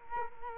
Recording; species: mosquito wingbeat signal from an infrared sensor; Culex quinquefasciatus